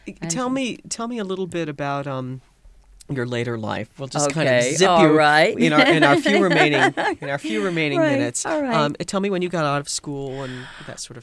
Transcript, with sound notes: Tell me, tell me a little bit about, um, your later life. We'll just kind of zip you...
Okay. All right. ( she laughs )
In our few remaining minutes, tell me when you got out of school and that sort of thing.